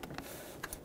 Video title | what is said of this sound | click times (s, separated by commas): How to Replace Spark Plugs 2007-2014 Chevrolet Silverado 2500 HD 6.0L V8 | there we go that locked into place it's not coming off | 0.6 s